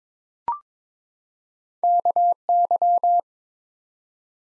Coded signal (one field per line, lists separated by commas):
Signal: Morse code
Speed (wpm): 22 wpm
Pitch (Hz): 700 Hz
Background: none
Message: KY